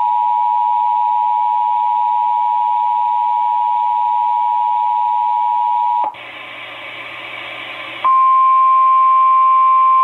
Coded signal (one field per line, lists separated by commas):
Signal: Emergency Alert System (SAME) tones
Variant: 853 and 960 Hz attention tone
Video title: FAILED Required Monthly Test - 05/01/19 (EAS #1,835)